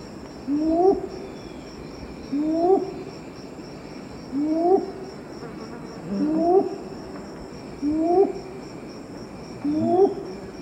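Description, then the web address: Red-billed ground-cuckoo, low rising hoots spaced roughly two seconds apart, with insects droning and pulsing at high pitch throughout. Recorded in the eastern lowlands of South America. "Natures Songs S America Eastern Lowlands. Red-billed Ground-Cuckoo"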